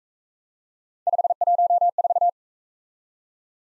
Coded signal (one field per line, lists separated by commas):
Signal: Morse code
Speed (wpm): 43 wpm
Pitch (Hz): 700 Hz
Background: none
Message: 514